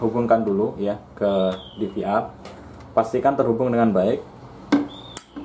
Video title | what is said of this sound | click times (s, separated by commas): How To Online Dahua DVR - Dahua DVR Online Mobile Application | seperti ini sampai muncul bunyi klik seperti itu | 5.2 s